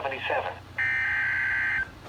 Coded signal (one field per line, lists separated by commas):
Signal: Emergency Alert System (SAME) tones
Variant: header bursts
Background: speech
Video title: EAS 46 SVR, 70 MPH WIND GUSTS